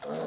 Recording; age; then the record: pig call; piglet (1 to 25 days)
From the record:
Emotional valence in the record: negative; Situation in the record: missed nursing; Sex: male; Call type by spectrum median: low-frequency call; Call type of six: low-frequency stable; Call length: 0.28 s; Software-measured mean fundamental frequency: 58 Hz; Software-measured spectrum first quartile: 416 Hz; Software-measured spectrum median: 612 Hz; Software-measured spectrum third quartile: 1221 Hz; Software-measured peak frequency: 485 Hz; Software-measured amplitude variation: 76 dB a second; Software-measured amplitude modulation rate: 23.6 a second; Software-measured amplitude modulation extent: 3.2 dB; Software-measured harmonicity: 3.0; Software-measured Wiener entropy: -0.95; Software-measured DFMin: 1083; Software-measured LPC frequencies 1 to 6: 556, 1200, 3894, 5728, 6535, 7891 Hz